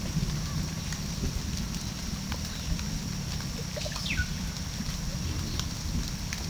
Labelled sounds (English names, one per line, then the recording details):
Violaceous Jay
Russet-backed Oropendola
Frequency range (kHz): Violaceous Jay 2.6-4.7 kHz; Russet-backed Oropendola 0.2-7.6 kHz
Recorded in pastures near Puerto Asís, Putumayo, Colombia, on 24 June 2025 at 17:30
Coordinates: 0.497, -76.327
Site G040